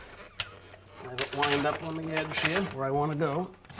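A baseboard heater cover is lined up on its edge against the mounting bracket screwed to the wall while someone talks, with a brief sharp knock of handling at 0.4 s. The clip ends before the cover is pressed on, so nothing has snapped or seated yet.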